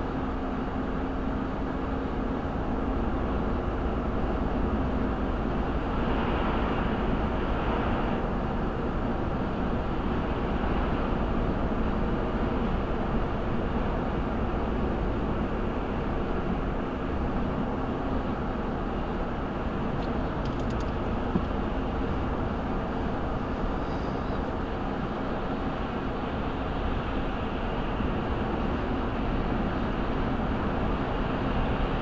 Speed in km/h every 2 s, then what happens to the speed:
108, 109, 113, 114, 113, 114, 113, 113, 109, 108, 108, 109, 108, 108, 111, 111.
0-6 speeds up to 114. 6-32 steady at about 111.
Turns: none.